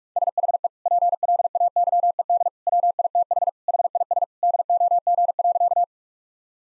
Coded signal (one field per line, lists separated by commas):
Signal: Morse code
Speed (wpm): 46 wpm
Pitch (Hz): 700 Hz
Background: none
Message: SHE PLAYED WITH HIS DOG.